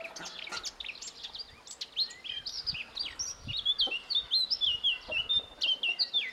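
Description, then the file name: Eurasian blackcap singing, a continuous fast warble of high, varied twittering notes that grows steadier and more rhythmic toward the end. "Sylvia atricapilla"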